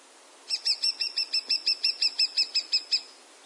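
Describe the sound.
Lesser spotted woodpecker calling a run of many sharp, high, evenly spaced notes, a steady kee-kee-kee series lasting about two and a half seconds over faint background hiss.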